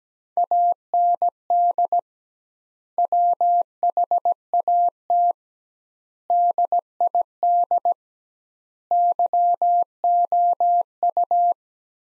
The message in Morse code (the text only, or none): AND WHAT DID YOU